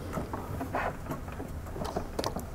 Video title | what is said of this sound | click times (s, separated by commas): 09-18 Ram Projector LED Install - Headlight Revolution | locks into place real nicely | 2.2 s